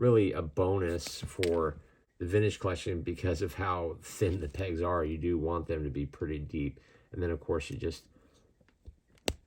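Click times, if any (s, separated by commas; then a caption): 9.3 s. A swappable plastic hand is pushed onto the thin, deep wrist peg of a 3.75-inch plastic Star Wars Vintage Collection Dark Trooper Mandalorian action figure while someone talks. After the talking fades, a sharp click is heard at 9.3 s, and the hand is seated on the peg.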